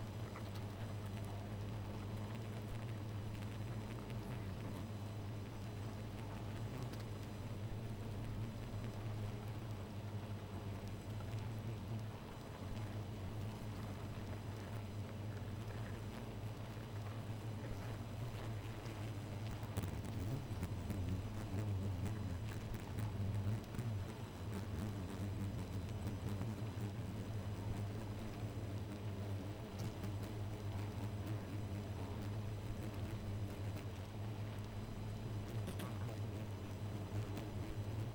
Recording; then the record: honeybee colony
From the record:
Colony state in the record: missing queen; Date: 14 July 2017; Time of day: 2:48